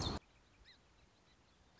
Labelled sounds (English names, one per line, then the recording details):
Song Sparrow
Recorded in Sonoma County, California